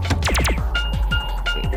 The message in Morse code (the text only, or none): none